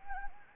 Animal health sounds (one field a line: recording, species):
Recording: mosquito wingbeat signal from an infrared sensor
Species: Anopheles gambiae